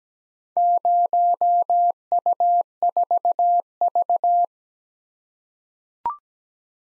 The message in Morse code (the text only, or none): 0U4V